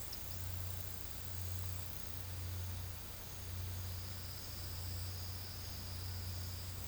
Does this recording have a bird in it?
no